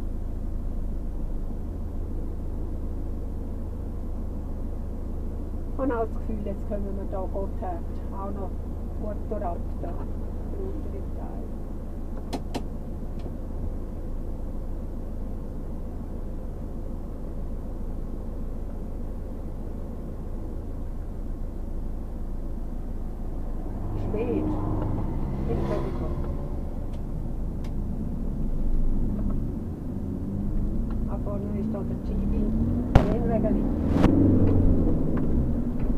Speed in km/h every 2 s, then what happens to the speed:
0, 0, 0, 0, 0, 0, 0, 0, 0, 0, 0, 0, 0, 0, 0, 0, 0, 20.
0-32 standing. 32-36 pulls away to 20.